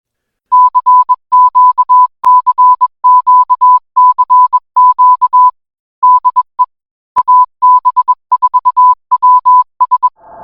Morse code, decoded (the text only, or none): CQ CQ CQ DE AB4WS